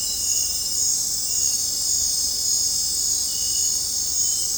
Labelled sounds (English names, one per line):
none